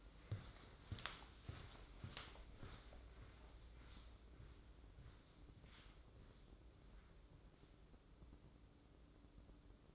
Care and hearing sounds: daily activity, microphone in the room; walk to room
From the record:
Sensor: 3

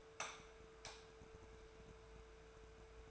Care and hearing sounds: daily activity, microphone in the room; light off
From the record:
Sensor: 2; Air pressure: 1014.4 hPa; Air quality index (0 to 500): 175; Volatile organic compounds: 11 ppm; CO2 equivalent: 2312 ppm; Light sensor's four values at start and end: 15/42/17/17 and 11/27/11/12

